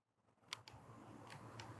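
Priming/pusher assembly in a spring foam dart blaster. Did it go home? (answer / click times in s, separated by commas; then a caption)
partly / 0.5 s. During a seal test on an XYL KM9 Unicorn compact spring-powered foam dart blaster, the priming/pusher assembly is worked and clicks sharply at 0.5 s, followed by softer clicks at 0.7 s and 1.6 s over a low steady background. The part was not fully seated, so the blaster does not give a perfect seal.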